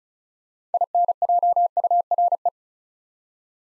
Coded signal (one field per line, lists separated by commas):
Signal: Morse code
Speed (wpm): 36 wpm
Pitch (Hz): 700 Hz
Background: none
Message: INJURE